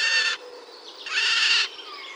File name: Garrulus glandarius